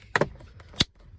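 A plastic shifter surround trim panel, lined up with the ignition, is pressed down into a car's center console. Sharp plastic snaps sound at 0.2 s and 0.8 s, with a smaller snap just after the first. The panel's plastic pins seat in their holes and the trim is in place.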